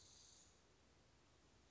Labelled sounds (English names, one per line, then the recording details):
Spotted Towhee
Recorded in Sonoma County, California